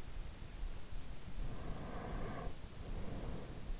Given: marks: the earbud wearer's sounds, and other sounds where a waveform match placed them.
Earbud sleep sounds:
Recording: sounds in sleep by an in-ear microphone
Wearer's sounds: breath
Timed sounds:
1.50-3.71 s: breath

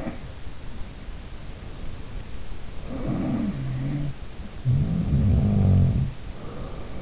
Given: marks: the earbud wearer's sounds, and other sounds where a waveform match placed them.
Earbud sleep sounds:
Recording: sounds in sleep by an in-ear microphone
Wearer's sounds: breath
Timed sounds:
0.00-0.55 s: sound from someone else or the room
1.18-3.59 s: breath
2.51-4.34 s: sound from someone else or the room
4.69-7.02 s: sound from someone else or the room

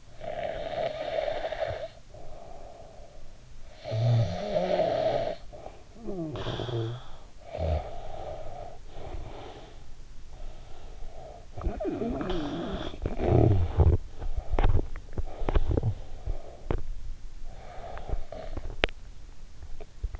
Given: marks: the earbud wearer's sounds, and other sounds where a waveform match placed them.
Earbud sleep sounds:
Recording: sounds in sleep by an in-ear microphone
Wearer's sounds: snoring breath, teeth grinding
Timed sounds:
0.00-13.66 s: snoring breath
13.66-19.20 s: teeth grinding
18.52-19.64 s: sound from someone else or the room

